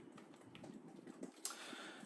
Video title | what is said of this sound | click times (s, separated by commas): Stealth Arms Platypus Holsters! | you know click into place that everybody likes to hear | 1.4 s